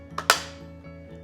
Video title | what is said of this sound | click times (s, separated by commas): Make a Salad with the Chef'n Pull'n Slice Mandoline - Williams-Sonoma | and then you'll hear it click into place | 0.3 s